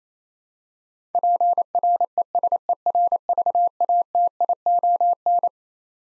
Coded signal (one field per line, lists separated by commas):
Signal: Morse code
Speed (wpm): 28 wpm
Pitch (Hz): 700 Hz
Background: none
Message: PRESERVATION